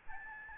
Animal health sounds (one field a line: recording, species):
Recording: mosquito wingbeat signal from an infrared sensor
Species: Aedes albopictus